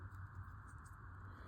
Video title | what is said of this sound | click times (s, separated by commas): July 14, 2026 | Now this moves a little too easy, doesn't snap into place, but | none